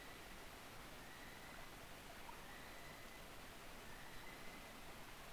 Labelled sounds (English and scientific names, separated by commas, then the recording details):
North Island Brown Kiwi (Apteryx mantelli) male call
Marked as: faintness 3/5
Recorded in New Zealand on 7 November 2014
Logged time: 22:14
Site CJ68